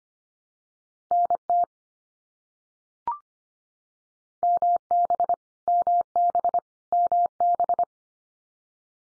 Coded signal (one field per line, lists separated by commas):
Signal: Morse code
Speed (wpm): 25 wpm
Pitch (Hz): 700 Hz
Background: none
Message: NT MB MB MB